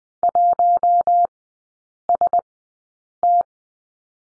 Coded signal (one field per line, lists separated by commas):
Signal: Morse code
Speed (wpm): 20 wpm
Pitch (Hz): 700 Hz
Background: none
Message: 1ST